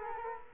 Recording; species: mosquito wingbeat signal from an infrared sensor; Culex quinquefasciatus